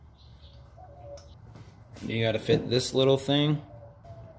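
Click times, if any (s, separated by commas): none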